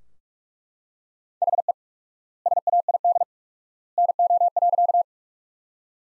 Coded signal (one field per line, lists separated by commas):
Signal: Morse code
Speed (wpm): 42 wpm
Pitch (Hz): 700 Hz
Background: none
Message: HE SAID NO.